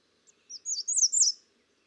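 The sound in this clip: American redstart giving a single short song of high, sweet, slurred notes running together for under a second.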